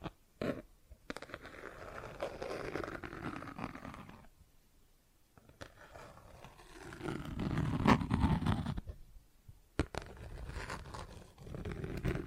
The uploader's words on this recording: ASMR Plastic Objects Tapping and Scratching (No Talking).